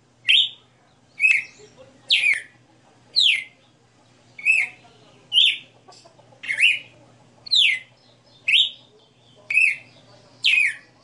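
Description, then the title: Red-cowled cardinal singing clean, loud whistled phrases, each dropping in pitch, spaced about one second apart over a quiet background. Female bird singing live; 60 notes. "Canto Galo Campina Fêmea 02. Galo de Campina 60 NOTAS Cantando Ao vivo"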